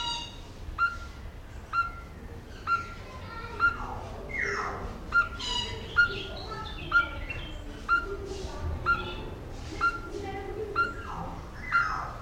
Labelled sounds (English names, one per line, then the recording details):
Brown-breasted Barbet call
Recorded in captivity
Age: adult
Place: Zoo Berlin, Berlin, DE
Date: 1994-05-28 11:38
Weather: bedeckt, 12-15°C
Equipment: Marantz CP 430, Sennheiser ME 80, Kopie Uher Variocord 263
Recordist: Tembrock, Günter